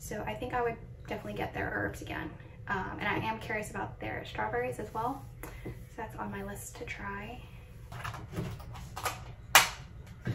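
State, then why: Seated. Someone talks, then a plant pod or cover is pressed into a Click & Grow Smart Garden 9 indoor smart garden unit. It snaps home with a sharp click at 9.6 s, seated in place.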